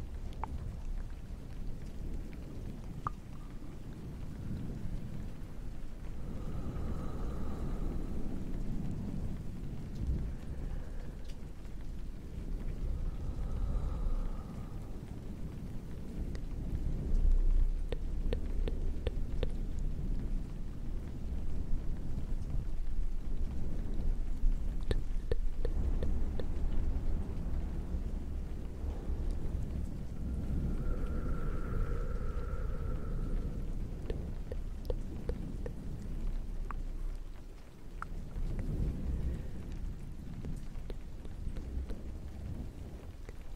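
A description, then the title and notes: Steady rumbling rain with soft fluffy mic brushing, scattered crisp taps around the middle, and brief faint tones near 7, 13 and 31 seconds. ASMR dark lofi camera setup in the rain - fluffy mic sounds, tktk, sksk and more.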